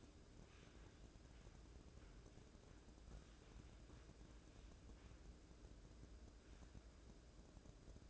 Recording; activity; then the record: daily activity, microphone in the room; wipe stove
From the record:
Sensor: 2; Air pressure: 1012.2 hPa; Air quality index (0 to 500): 157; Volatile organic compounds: 2 ppm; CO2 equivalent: 1143 ppm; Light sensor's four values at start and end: 439/1113/429/450 and 439/1111/428/449